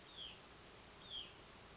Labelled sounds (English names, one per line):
Hutton's Vireo